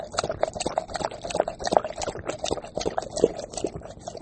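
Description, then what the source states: Dog lapping water, quick wet clicks and slurps repeating irregularly. Puppy, thirsty, drinking water; dated Jan 11, 2020.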